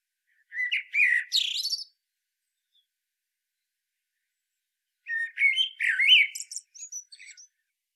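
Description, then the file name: Common blackbird uttering two bursts of high, scratchy, squeaky notes separated by a few seconds of silence. "Turdus merula"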